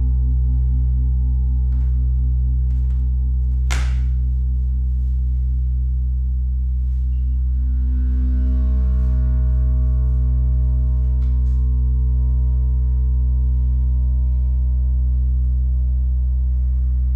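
A gong bath: deep, steady metallic drones hum underneath, with a slow pulsing shimmer in the middle tones. Near four seconds a sharp strike rings out, and around eight to nine seconds a brighter wash of overtones swells before settling back into the sustained hum.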